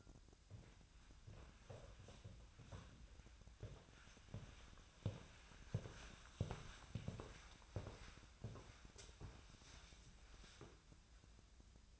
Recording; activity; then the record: daily activity, microphone in the room; walk to room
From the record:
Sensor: 2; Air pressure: 1010.0 hPa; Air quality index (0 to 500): 172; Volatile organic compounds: 9 ppm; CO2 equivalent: 2151 ppm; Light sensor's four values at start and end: 35/86/37/42 and 34/85/37/41